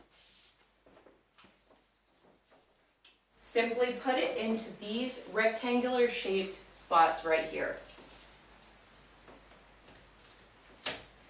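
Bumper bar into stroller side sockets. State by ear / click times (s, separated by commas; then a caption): seated / 10.2 s, 10.9 s. The ends of a TFK Buggster S stroller's bumper bar are pushed into the rectangular sockets on both sides of the stroller while someone talks. Two sharp clicks at 10.3 s and 10.9 s mark each side seating into place.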